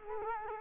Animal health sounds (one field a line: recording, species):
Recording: mosquito wingbeat signal from an infrared sensor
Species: Culex quinquefasciatus